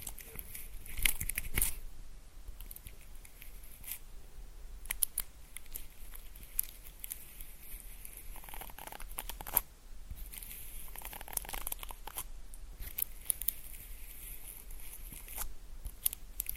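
Wet mouth sounds and rough handling of a small clip-on microphone, heard as dense crackling, soft rubbing and quick clicks throughout. Sharper pops stand out near 1, 5, 10 and 13 seconds over a faint, steady low hum.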